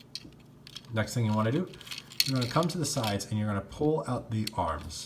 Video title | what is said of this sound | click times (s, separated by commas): Titans Return Deluxe Class Autobot Stylor & Chromedome | and that will all lock into place | 0.2 s, 0.7 s